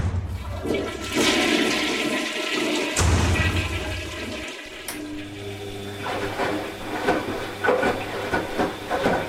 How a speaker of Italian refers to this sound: Quante volte tirano questi sciacquoni?